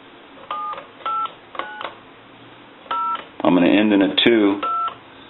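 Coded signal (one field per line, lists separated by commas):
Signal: DTMF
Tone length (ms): 200 ms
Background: speech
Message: 789 0 2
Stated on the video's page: DTMF tones from a British Telecom desk telephone during checkout and repair conversion.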